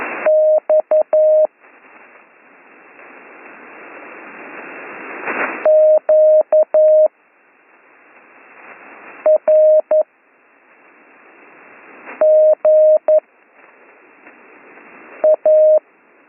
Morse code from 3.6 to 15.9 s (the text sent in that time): QRGA